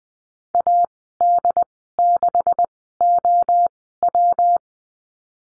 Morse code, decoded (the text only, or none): AD6OW